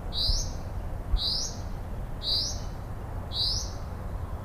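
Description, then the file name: Common chaffinch call, a clipped high note repeated about once per second, with a dull low rumble underneath. "Fringilla coelebs"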